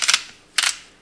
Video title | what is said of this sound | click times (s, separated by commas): Immune To The Ammo Shortage! JTS AR12 EGX402 12 Gauge Shotgun Unboxing & Field Strip | just get her tightened up boom hear that last click and you really can't go any further so got it back together uh | 0.6 s